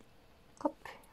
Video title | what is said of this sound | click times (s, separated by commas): Faire une PIEUVRE REVERSIBLE au crochet - AMIGURUMI 😍 Tuto Pas à Pas 🎨😍 | on entend les petits clics. | 0.6 s, 0.7 s, 0.9 s